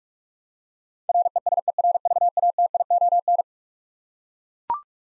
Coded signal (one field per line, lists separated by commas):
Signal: Morse code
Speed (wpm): 42 wpm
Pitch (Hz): 700 Hz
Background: none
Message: RESERVATION